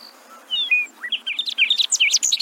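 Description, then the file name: Bobolink song opening with a few thin slurred whistles, then breaking into a fast, bubbling cascade of jangling, tinkling notes. "Canto do triste pia"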